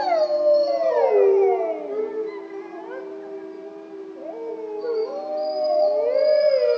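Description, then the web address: Wolf: wolves howling together, a loud howl sweeping downward, long steady tones beneath, then new rising howls joining near the end. "Lupo Hurlement"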